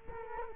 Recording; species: mosquito wingbeat signal from an infrared sensor; Culex quinquefasciatus